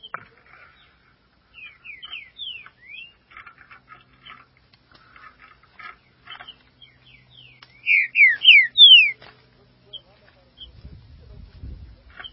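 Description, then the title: Green-winged saltator singing softer whistled phrases of downslurred notes, then a loud burst of four clear falling whistles, followed by a low rumbling noise at the end. "Trinca Ferro"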